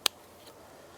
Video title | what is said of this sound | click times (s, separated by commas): Part 3. XP Deus Accessories | it just simply slides onto the back of the headphone and clicks into place now | 0.1 s